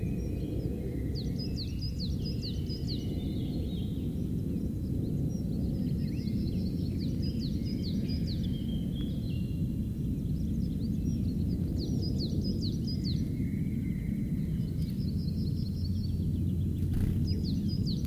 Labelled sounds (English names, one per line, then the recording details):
Common Chiffchaff call
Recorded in the wild
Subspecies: collybita
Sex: female
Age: adult
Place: St. Johann bei Reutlingen, Schwäbische Alb, Baden-Württemberg, DE
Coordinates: 48.45, 9.35
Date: 1969-05-14
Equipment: Nagra III PH, MD 211, LGS26
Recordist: Schneider, Hans-Joachim